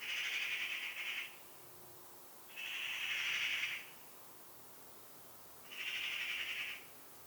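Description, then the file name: Eurasian magpie giving long, harsh, rasping calls, each about a second long, three in a row with pauses of one to two seconds between them. "Pica pica"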